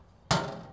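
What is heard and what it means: On the exterior storage compartment of a 2019 Lance 2465 travel trailer, a folding panel is swung up into its locking position. After a quiet lead-in, a single sharp hit at 0.3 s rings out broadly and decays over the rest of the clip. The panel locks into place.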